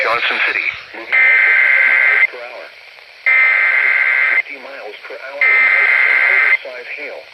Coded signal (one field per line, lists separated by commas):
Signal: Emergency Alert System (SAME) tones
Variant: header bursts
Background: speech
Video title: EAS #2,500!!! EAS Alerts from 5/18/19 - (EAS #2,500 - 2,502)